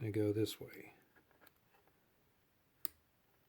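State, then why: Seated. A crimped wire terminal for the main circuit, relay pin 86, is pushed into a plastic fuse box socket while an LS swap harness is rewired. Someone talks at the start, then the room is quiet until one sharp click at 2.8 seconds as the terminal locks in and seats.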